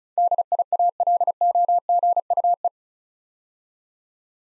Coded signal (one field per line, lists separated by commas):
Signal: Morse code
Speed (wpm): 36 wpm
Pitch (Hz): 700 Hz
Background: none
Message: DIALOGUE